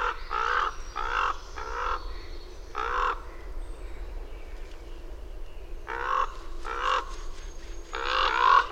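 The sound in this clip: Bird delivering rasping caws in a group of three and a single one, a pause, then several more.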